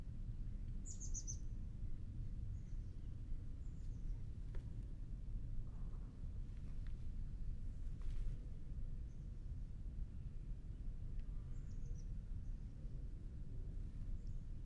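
Outdoor ambience at Tilden Regional Park: a steady low rumble underneath, with brief high bird chirps around one, seven, and twelve seconds.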